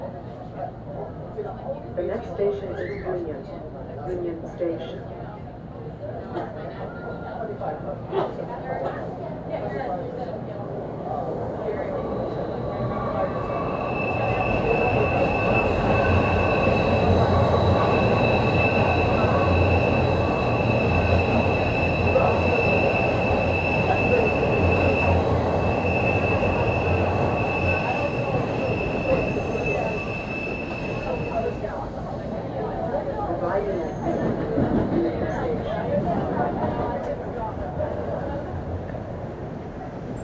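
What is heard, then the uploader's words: A train rumbles past at close range, its low roar swelling from about 13 to 32 seconds under a steady high whine, amid background chatter. Sound of Trains.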